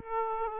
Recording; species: mosquito wingbeat signal from an infrared sensor; Aedes aegypti